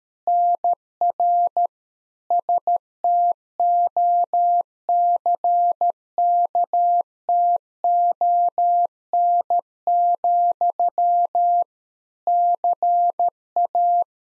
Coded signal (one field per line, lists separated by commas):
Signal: Morse code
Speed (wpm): 13 wpm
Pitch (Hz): 700 Hz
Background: none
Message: NR STOCKTON, CA